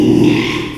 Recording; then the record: squeal of a Yucatan mini pig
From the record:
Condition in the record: after surgery on the right vocal fold (resection and tissue-engineered implant); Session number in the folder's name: 1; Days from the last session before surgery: 6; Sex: male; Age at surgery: 12 weeks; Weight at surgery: 13 kg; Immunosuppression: cyclosporine, prednisolone